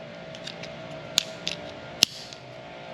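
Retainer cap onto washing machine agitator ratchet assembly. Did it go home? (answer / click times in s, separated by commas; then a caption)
yes / 2.0 s. A plastic retainer cap is pressed onto a washing machine agitator's dog (ratchet) assembly so the dogs can't fall out. Faint ticks and a sharp click at 1.2 s lead up to the loudest, crisp click at 2.0 s, heard over a steady hum, and the cap is seated.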